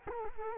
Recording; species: mosquito wingbeat signal from an infrared sensor; Culex quinquefasciatus